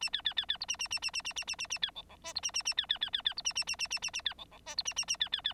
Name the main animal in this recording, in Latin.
Lonchura striata domestica